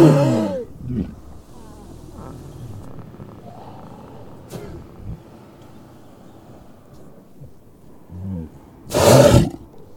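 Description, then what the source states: Walrus roars in two loud bursts, one at the start and one near the end, with scattered low grunts in the quieter stretch between. Recorded in Svalbard.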